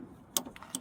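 On a 2017–2022 Honda CR-V, during a fuel pump replacement, a seat belt tongue is pushed into the farthest buckle to hold the lifted rear seat up. A sharp metal latch click is heard at 0.4 s, followed by softer ticks and a second click around 0.8 s. The buckle latches and holds the seat in place.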